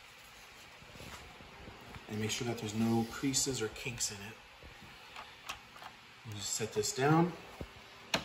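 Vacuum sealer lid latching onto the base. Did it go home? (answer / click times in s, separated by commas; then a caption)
yes / 8.1 s. A vacuum sealer lid is set down on its base and clicks into its first lock, the storage position, with a sharp click at 8.1 s. Someone talks beforehand, and softer ticks are heard along the way.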